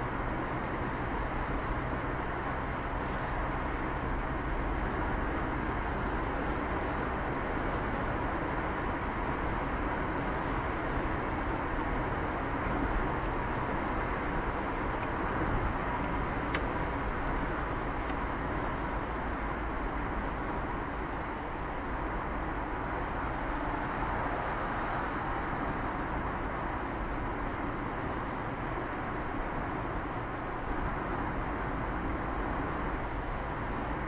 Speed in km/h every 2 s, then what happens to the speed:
6, 5, 2, 1, 2, 3, 3, 0, 1, 3, 2, 3, 3, 2, 0, 0, 0.
4-8 standing. 8-13 steady at about 3. 13-34 standing.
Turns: none.